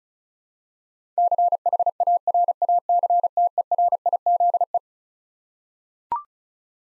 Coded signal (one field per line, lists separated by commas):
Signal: Morse code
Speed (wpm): 36 wpm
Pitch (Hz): 700 Hz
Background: none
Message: CHARACTERIZE